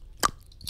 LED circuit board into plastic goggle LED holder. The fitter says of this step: and snap it actually let's you can hear the snap